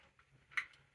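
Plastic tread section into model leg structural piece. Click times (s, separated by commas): 0.6 s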